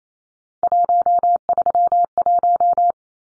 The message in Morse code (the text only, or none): 131